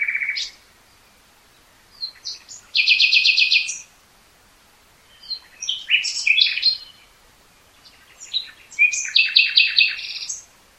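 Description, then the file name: Common nightingale singing in short bursts, opening with a low rich note, then phrases of rapid trilled notes and sharp chirps, each phrase followed by a brief silence. "Luscinia megarhynchos"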